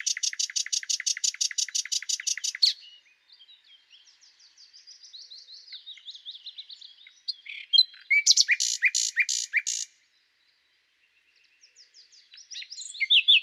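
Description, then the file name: Common nightingale song: a loud rapid burst of repeated harsh notes, then soft scattered twittering, a second loud rattling series, a short silence and fresh phrases starting. "Luscinia megarhynchos"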